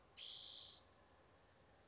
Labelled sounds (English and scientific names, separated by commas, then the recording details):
Spotted Towhee (Pipilo maculatus)
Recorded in Sonoma County, California